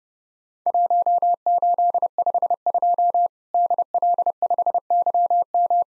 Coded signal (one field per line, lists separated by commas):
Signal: Morse code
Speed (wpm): 30 wpm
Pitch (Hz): 700 Hz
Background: none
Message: 1852 DL5YM